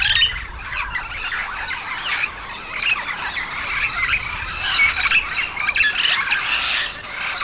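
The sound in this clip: Yellow-shouldered parrots squawking almost continuously, a dense chatter of harsh, grating calls with no real pauses.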